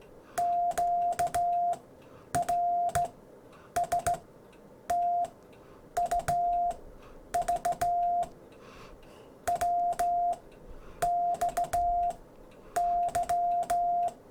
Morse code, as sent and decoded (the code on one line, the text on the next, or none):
--.- / .-. / ... / - / ..- / ...- / .-- / -..- / -.--
Q R S T U V W X Y